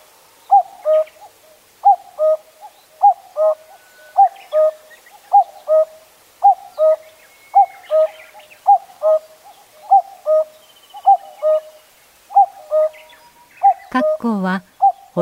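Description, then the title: Common cuckoo calling cuck-oo over and over at an even pace, many two-note calls, faint bird twitters behind, ending with a loud rustling or clattering noise. Recorded at Zao, Japan. "蔵王のカッコウ"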